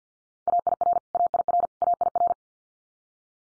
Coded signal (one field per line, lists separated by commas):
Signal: Morse code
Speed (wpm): 50 wpm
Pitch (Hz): 700 Hz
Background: none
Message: AIR AIR AIR